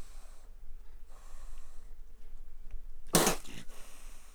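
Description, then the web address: Wildcat giving one sudden, harsh spit burst after a few seconds of quiet breathy background. Captive wildcat at a zoo, recorded in 2009, dry spitting and hissing. "miskolcizoo 2009 standardt vadmacska"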